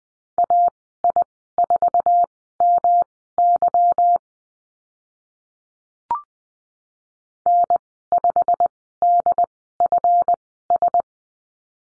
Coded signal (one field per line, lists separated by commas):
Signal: Morse code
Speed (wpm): 20 wpm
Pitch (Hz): 700 Hz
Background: none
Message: AI4MY N5DFS